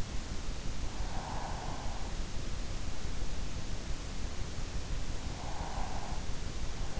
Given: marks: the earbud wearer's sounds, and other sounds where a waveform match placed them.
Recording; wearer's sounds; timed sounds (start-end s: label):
sounds in sleep by an in-ear microphone; breath
0.17-3.03 s: breath
5.26-6.46 s: breath